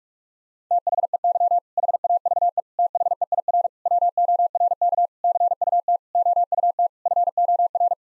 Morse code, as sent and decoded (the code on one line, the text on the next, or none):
- .... . -.-- / .... .- ...- . / - .... . .. .-. / .-- --- .-. -.- / -.-. ..- - / --- ..- - / ..-. --- .-.
THEY HAVE THEIR WORK CUT OUT FOR